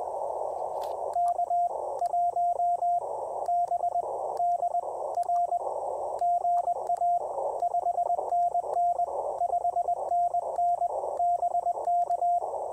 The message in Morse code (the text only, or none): K1BDR GA 5NN 5NN BK